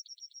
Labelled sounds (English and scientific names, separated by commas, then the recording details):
Yellowhammer (Emberiza citrinella) song
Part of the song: start
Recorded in the Czech Republic on 12 July 2013
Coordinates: 50.722, 14.283
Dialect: BC
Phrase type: B53
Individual 316725